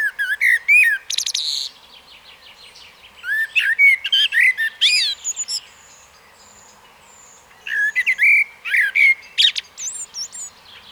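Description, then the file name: Common blackbird singing three warbled phrases of fluty whistles mixed with squeaky high notes, separated by pauses. "Turdus merula"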